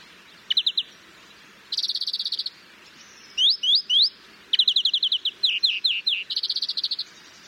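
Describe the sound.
European greenfinch calling, fast rattling trills and sharply rising chirped notes in quick succession, several bursts separated by brief pauses, with faint background noise.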